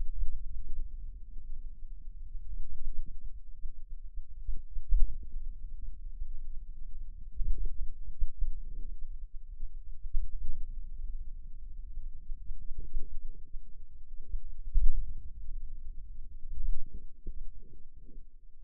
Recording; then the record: forearm muscle sounds (acoustic myography)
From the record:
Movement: hand opening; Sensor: system 2, bracelet of six BSWA MPA416 microphones around the upper forearm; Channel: 5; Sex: male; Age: 22 years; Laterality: right